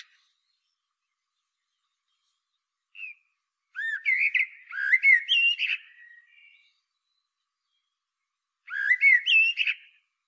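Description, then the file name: Common blackbird song, a brief soft note, then a long fluty, twittering phrase, a pause, and a second shorter phrase. "Turdus merula"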